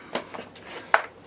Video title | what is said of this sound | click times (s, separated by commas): Technical: Miele S6, C2 Compact S6220 - Main Body Stripdown and Re-assembly | you're making sure that's clicked back into here, and | 0.9 s